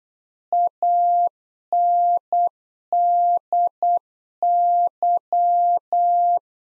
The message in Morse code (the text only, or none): ANDY